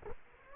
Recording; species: mosquito wingbeat signal from an infrared sensor; Culex quinquefasciatus